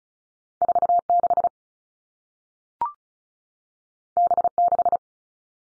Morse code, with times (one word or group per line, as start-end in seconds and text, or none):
0.6-1.0 4
1.1-1.5 6
4.2-4.5 B
4.6-5.0 6